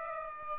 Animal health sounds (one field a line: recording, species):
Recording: mosquito wingbeat signal from an infrared sensor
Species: Aedes aegypti